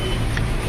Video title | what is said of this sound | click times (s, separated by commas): Grasscuter.gear removing | ദാ ഇനി ഇത് തിരിച്ചാലേ ആവുള്ളൂ ഇപ്പൊ ലോക്ക് ആയി ഹോളിൽ | 0.4 s